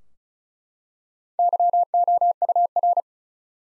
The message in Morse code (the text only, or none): YOUR